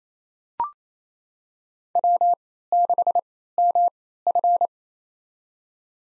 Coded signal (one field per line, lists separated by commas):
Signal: Morse code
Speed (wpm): 28 wpm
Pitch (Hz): 700 Hz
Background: none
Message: W6MF